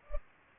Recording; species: mosquito wingbeat signal from an infrared sensor; Culex pipiens